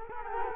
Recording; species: mosquito wingbeat signal from an infrared sensor; Culex quinquefasciatus